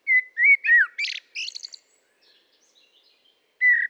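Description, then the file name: Common blackbird song: smooth fluting notes, a downslurred whistle, then a rapid high twitter, followed after a pause by the start of another phrase. "Turdus merula"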